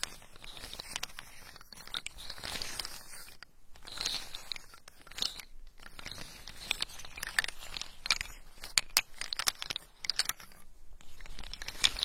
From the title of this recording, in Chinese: 夏威夷坚果好听的声音